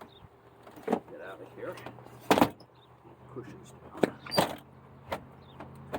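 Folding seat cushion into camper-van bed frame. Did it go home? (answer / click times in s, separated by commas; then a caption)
yes / 5.1 s, 5.9 s. Camper-van seat cushions are folded down flat into the bed frame to form the bed while someone talks, with rustling and thumps along the way. The cushions snap into place with two sharp hits at 5.1 s and 5.9 s, seating them firmly.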